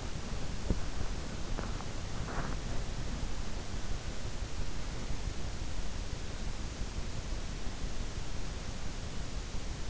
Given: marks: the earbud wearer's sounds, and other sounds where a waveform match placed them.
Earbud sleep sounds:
sounds in sleep by an in-ear microphone; body movement
0.00-3.07 s: body movement

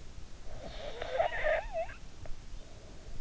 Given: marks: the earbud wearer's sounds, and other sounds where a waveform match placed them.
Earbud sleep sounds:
sounds in sleep by an in-ear microphone; snoring breath
0.58-3.10 s: snoring breath

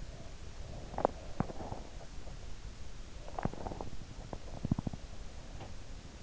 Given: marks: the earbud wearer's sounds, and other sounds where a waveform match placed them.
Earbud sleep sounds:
sounds in sleep by an in-ear microphone; teeth grinding
0.50-2.08 s: teeth grinding
2.84-6.23 s: teeth grinding

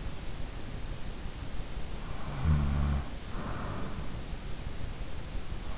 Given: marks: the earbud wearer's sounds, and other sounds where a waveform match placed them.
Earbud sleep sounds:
sounds in sleep by an in-ear microphone; snoring breath
2.24-3.86 s: snoring breath

